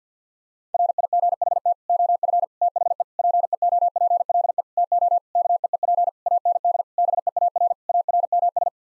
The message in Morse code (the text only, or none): RIGHT OF THE PEOPLE TO KEEP AND BEAR ARMS